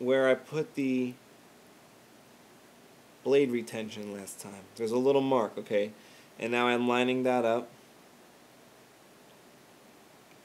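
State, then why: Not seated. On a Qui Flex Crystal Focus lightsaber, a hilt section is rotated on the hilt body to line up the blade retention mark at the blade retention point before being pushed home. Someone talks in bursts from about 0.0 to 1.1 s and 3.3 to 7.6 s, with only quiet handling rustle in between. Nothing has seated or clicked yet.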